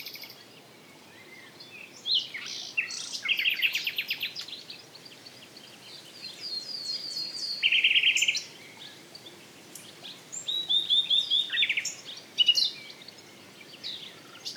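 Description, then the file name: Common nightingale song, a sequence of varied phrases mixing rapid trills, whistles and a steady churring note, with short pauses between. "Luscinia megarhynchos"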